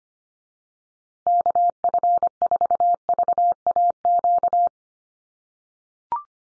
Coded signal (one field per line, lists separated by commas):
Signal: Morse code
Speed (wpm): 25 wpm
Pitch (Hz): 700 Hz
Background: none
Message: KF4VAQ